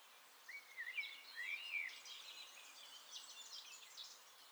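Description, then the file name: Eurasian nuthatch calls: a few thin whistled notes that rise and dip in the first two seconds, followed by faint high chirping. "Sitta europaea"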